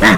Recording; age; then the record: pig call; piglet (1 to 25 days)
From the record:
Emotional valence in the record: positive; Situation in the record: reunion after long isolation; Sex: female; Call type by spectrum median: low-frequency call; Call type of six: low-frequency tonal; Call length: 0.17 s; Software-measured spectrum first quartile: 371 Hz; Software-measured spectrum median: 1096 Hz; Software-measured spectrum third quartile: 2010 Hz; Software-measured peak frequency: 201 Hz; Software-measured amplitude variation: 62 dB a second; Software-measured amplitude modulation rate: 8.7 a second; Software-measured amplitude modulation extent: 7.2 dB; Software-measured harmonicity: 0.6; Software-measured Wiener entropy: -1.18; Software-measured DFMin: 1138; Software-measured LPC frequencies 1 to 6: 1035, 1899, 3654, 4903, 5720, 6764 Hz